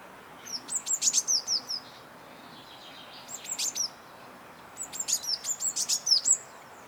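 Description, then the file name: Eurasian blue tit calls: three bursts of high, thin notes with downward flicks, repeated in quick stuttering series separated by brief pauses, against a constant low hiss. "Cyanistes caeruleus"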